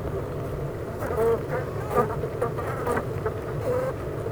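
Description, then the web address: Honey bees giving a continuous low buzzing hum, with a few short sharper buzzes. Honey bee hive at Clara Vale, Gateshead, UK. "impossible-music Honey Bee Hive-Clara Vale,Gateshead,UK"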